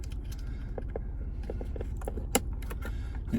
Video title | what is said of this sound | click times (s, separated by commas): 2022 Ford Expedition - Replace USB MultiMedia Port Module | It just snaps back in. | 2.4 s